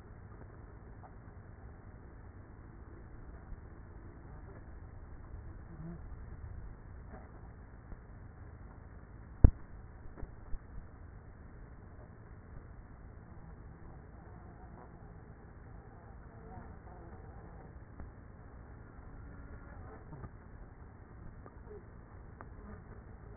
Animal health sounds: honeybee colony, microphone inside the hive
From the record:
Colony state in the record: queenless with a low population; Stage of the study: after two queens were removed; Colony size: about 30,000 bees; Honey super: no

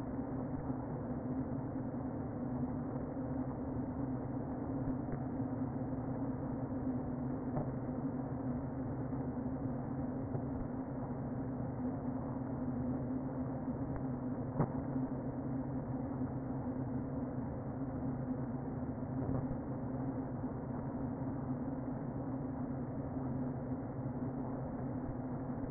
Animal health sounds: honeybee colony, microphone inside the hive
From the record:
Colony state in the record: queen present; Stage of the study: before two queens were removed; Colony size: about 60,000 bees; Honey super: yes

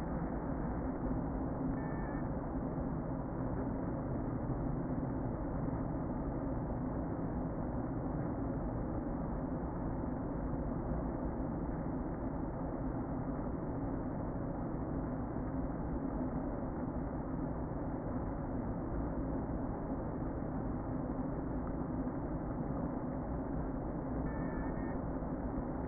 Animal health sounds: honeybee colony, microphone inside the hive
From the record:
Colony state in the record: queen present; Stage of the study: before two queens were removed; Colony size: about 60,000 bees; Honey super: yes

